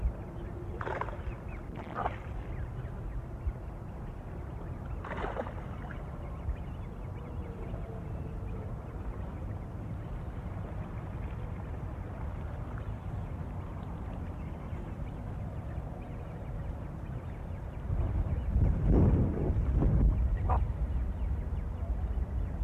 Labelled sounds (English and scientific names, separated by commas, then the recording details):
Great Cormorant (Phalacrocorax carbo) call
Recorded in the wild
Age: adult
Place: Königswartha, Oberlausitz, Sachsen, DE
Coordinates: 51.3544, 14.3306
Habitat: pond
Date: 1989-08-06 17:04
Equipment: Riporter 6 RG-K, Sennheiser MKH 416 T, Kopie Uher Report Stereo IC
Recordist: Frommolt, Karl-Heinz
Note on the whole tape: Teichgebiet Wartha: Rufe von Kormoranen auf dem Wasser schwimmend. Zugansammlung